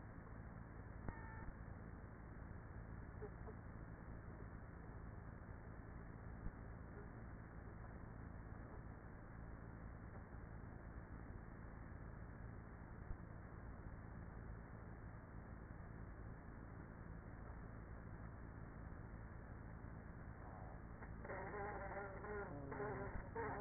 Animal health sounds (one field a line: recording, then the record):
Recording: honeybee colony, microphone inside the hive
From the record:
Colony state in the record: queenless with a low population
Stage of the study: after two queens were removed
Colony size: about 30,000 bees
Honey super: no